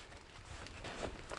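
A rear bench seat taken from a 2007 extended cab is folded up out of the way in a truck cab, toward the modified brackets that lock it in place. Low rumbling handling noise and soft shuffling grow slightly louder toward the end. Nothing has seated or latched yet.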